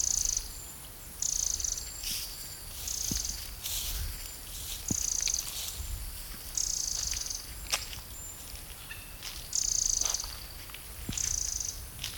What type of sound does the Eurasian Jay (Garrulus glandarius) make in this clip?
call